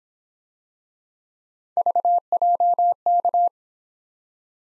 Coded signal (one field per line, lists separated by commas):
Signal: Morse code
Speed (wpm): 26 wpm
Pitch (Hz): 700 Hz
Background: none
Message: VJK